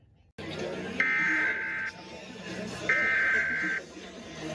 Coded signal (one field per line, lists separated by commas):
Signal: Emergency Alert System (SAME) tones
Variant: header bursts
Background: speech